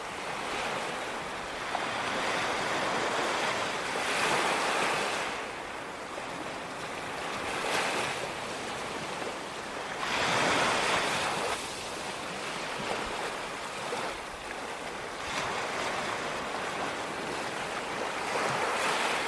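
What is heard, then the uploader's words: Gentle ocean waves wash onto the beach in a steady, continuous roar. The surf swells and brightens in soft surges about every two to three seconds, around 4, 7.5, 10 and 15 seconds, then eases back to a hissing wash between them. Ocean Waves Crashing On Beach. Gentle ocean waves crashing on the beach.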